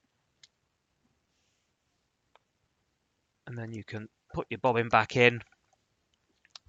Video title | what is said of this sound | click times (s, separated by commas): Sewing Machine Maintenance | You need to get the little click. You need to make sure it's all the way in. | 0.4 s, 2.4 s